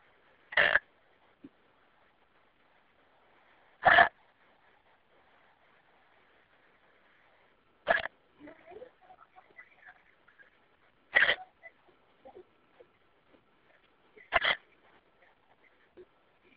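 Five sharp, abrupt gulping bursts of an adult's hiccups, coming about every three seconds, roughly 18 a minute, heard over a phone message with faint line noise and small sounds between them. This steady, repeated pattern is typical of hiccups.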